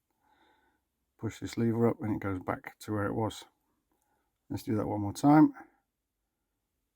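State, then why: Not seated. Someone talks while handling the bottom latch of the habitation door lock mechanism on a Pilote P740C motorhome by hand, with no distinct click audible. The clip ends before the latch is pushed home, so nothing has clicked into its locked position yet.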